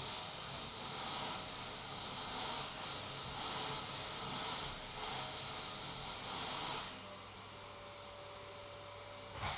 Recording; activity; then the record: daily activity, microphone in the room; vacuum cleaning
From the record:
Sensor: 3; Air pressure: 1010.2 hPa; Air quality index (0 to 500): 171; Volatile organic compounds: 10 ppm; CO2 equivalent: 2232 ppm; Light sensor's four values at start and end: 47/116/50/56 and 48/120/52/58